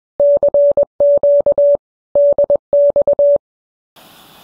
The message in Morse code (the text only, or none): CQ DX